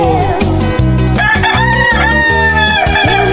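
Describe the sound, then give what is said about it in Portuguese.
A rooster crows in a long, drawn-out call over a steady, thumping dance beat with heavy bass pulses. “Canta, galo!”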